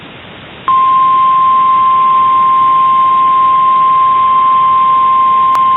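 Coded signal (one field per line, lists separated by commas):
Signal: Emergency Alert System (SAME) tones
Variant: 1050 Hz attention tone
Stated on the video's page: Real EAS alerts received during the December 2021 derecho across Iowa.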